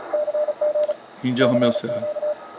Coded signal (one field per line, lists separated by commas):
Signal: Morse code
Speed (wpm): 35 wpm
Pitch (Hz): 600 Hz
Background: speech, radio noise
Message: CG CQ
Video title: DX CW 20M VAMOS ENTENDER ?